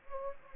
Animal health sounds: mosquito wingbeat signal from an infrared sensor; Anopheles gambiae

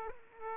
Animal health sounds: mosquito wingbeat signal from an infrared sensor; Aedes aegypti

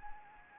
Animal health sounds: mosquito wingbeat signal from an infrared sensor; Anopheles arabiensis

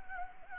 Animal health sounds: mosquito wingbeat signal from an infrared sensor; Anopheles gambiae

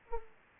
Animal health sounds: mosquito wingbeat signal from an infrared sensor; Culex pipiens

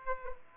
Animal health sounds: mosquito wingbeat signal from an infrared sensor; Aedes aegypti

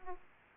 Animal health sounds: mosquito wingbeat signal from an infrared sensor; Aedes aegypti

